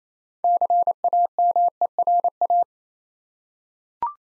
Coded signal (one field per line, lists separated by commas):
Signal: Morse code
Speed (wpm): 28 wpm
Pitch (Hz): 700 Hz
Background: none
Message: CAMERA